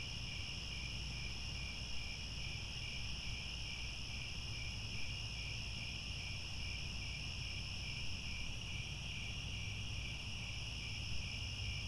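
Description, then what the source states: Crickets in a dense, steady chorus of layered high tones without pause, over a constant low rumble. Chorus of crickets at twilight, as the sun sets and stars appear.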